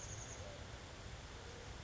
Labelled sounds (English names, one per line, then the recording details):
Chestnut-backed Chickadee
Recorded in Sonoma County, California